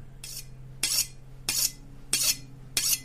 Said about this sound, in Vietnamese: Tiếng mài dao vang lên đến lạnh cả người.